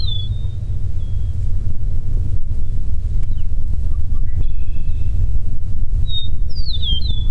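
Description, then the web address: Eastern meadowlark song: a clear high whistle at the start, then a slurred phrase of falling whistled notes near the end, over a constant low rumble. "sound Eastern-meadowlark. صدای-پرنده-چمن-چکاو-شرقی"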